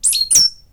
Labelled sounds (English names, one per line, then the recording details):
Stitchbird song
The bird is a male
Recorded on Tiritiri Matangi Island, New Zealand, in 2005
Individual 22, of nest box 31